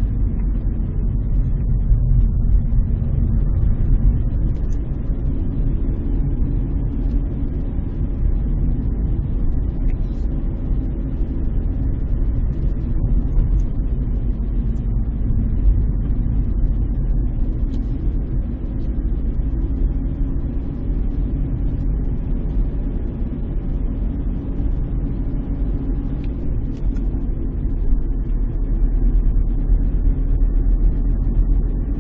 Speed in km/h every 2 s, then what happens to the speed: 21, 24, 29, 28, 28, 27, 26, 27, 27, 28, 28, 29, 29, 29, 30, 30.
0-32 speeds up to 30.